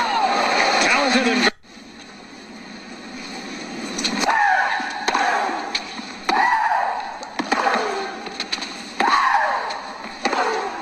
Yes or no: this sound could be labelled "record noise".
no